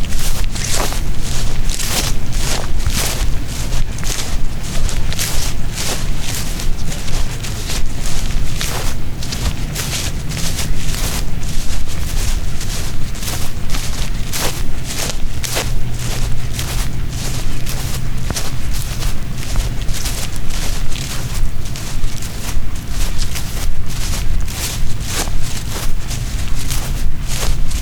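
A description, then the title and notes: Steady, brisk footsteps crunch along grass and gravel at an even pace, with a low rumble running underneath throughout. Walking in Golden Gate Park. Lots of footsteps in grass, gravel, and on pavement.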